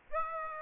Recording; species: mosquito wingbeat signal from an infrared sensor; Aedes aegypti